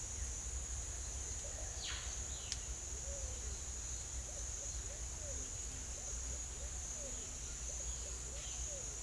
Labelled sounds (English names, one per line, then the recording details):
none
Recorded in secondary vegetation near Puerto Asís, Putumayo, Colombia, on 22 December 2024 at 08:30
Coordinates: 0.488, -76.319
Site GP04